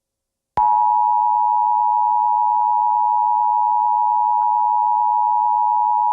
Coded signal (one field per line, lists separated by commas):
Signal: Emergency Alert System (SAME) tones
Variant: 853 and 960 Hz attention tone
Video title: Perfectly Timed EAS Alert but extended (The Owl House Season 2)